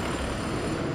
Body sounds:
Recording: background sound without coughing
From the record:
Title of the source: 30 MINUTES Construction Site Ambience (CC BY 4.0)

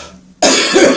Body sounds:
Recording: coughing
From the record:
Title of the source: Residual Phlegmy Morning Coughing and Gagging

